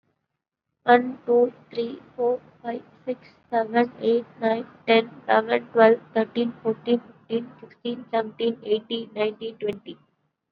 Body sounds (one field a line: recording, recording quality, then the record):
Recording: counting at a normal pace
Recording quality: excellent, no background noise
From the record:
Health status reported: COVID-19 positive, moderate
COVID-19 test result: positive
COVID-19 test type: RT-PCR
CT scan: not taken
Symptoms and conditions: cough, cold, sore throat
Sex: female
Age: 23 years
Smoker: no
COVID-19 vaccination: one dose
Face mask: worn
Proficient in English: yes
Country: India